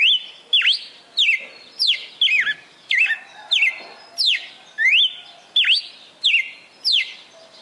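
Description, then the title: Red-cowled cardinal singing a series of loud whistled notes with sliding pitch, about one and a half per second. Female bird singing, recorded in Fortaleza, Ceará (CE), Brazil. "Canto Galo Campina Fêmea. Galo de Campina Fortaleza-CE"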